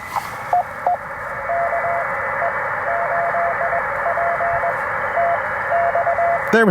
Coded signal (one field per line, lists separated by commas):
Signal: Morse code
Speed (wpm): 19 wpm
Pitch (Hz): 690 Hz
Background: speech, radio noise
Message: EE KE8PTX E